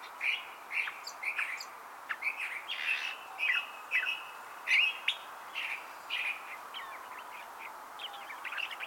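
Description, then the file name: California thrasher singing a varied series of scratchy and slurred phrases, separated by short gaps, fading somewhat toward the end against steady background hiss. "Toxostoma redivivum - California Thrasher"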